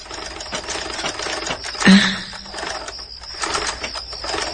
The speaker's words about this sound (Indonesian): terdengar suara mesin jahit berbunyi. Ya, mesin jahit yang sering dipakai ibu.